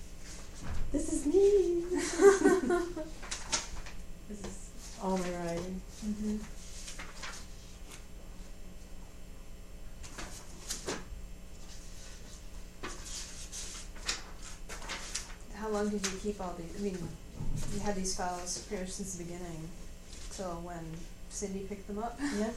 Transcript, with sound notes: this is me, this is all my writing. [Turning pages.]
EA
How long did you keep all of these–I mean, you had these files pretty much since the beginning, until when–Cindy picked them up?